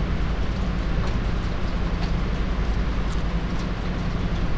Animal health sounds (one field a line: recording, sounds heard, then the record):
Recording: poultry house recording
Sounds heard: sick chickens (respiratory disease)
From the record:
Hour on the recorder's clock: 23